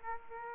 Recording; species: mosquito wingbeat signal from an infrared sensor; Aedes aegypti